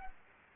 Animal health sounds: mosquito wingbeat signal from an infrared sensor; Anopheles gambiae

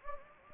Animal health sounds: mosquito wingbeat signal from an infrared sensor; Anopheles gambiae

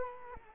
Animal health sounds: mosquito wingbeat signal from an infrared sensor; Culex quinquefasciatus

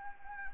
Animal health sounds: mosquito wingbeat signal from an infrared sensor; Anopheles arabiensis

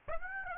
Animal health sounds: mosquito wingbeat signal from an infrared sensor; Aedes aegypti

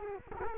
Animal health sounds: mosquito wingbeat signal from an infrared sensor; Culex quinquefasciatus

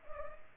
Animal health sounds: mosquito wingbeat signal from an infrared sensor; Culex pipiens

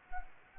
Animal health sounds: mosquito wingbeat signal from an infrared sensor; Anopheles gambiae

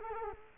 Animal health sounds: mosquito wingbeat signal from an infrared sensor; Culex quinquefasciatus

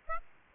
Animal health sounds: mosquito wingbeat signal from an infrared sensor; Aedes aegypti

